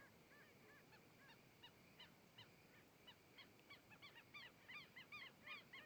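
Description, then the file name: Heron calls, faint at first and growing louder, short harsh arched notes repeated rapidly by a group of birds. Several herons recorded approaching, passing in front of the microphone and moving away. "Garcas se aproximando, passando em frente ao microfone e saindo"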